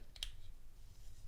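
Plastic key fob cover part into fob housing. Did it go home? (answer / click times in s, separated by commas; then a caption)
yes / 0.2 s. The second plastic cover half of a Mazda 3 key fob remote is pressed back onto the fob housing while reassembling it after a battery change. A faint tick at 0.2 s leads into a sharp, bright click at 0.2 s, then only low background hum remains. The cover clicks into place and is seated.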